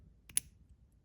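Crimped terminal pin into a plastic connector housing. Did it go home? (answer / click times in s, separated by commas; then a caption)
yes / 0.4 s. A crimped terminal pin is pushed through the back of a plastic relay connector housing into position three. A faint tick at 0.3 s is followed by a sharp, bright click at 0.4 s over low background rumble. The pin is seated and locked in place.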